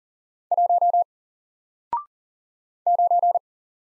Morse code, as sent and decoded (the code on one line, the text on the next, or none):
.---- / ----.
1 9